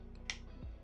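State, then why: Seated. A removable Proffie v3.9 chassis with a dual crystal chamber is rotated clockwise into the metal hilt of a Vintage Graflex A New Hope lightsaber while the upper shell and chassis are braced. A faint tick at 0.15 s is followed by a sharp, bright click at 0.3 s as the twist lock engages, over a steady low hum, with a low thump near 0.65 s. The chassis is seated and locked to the upper shell.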